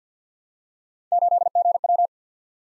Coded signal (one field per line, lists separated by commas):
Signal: Morse code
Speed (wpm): 49 wpm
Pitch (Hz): 700 Hz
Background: none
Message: 8GW